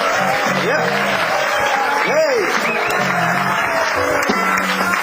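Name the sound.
audience applause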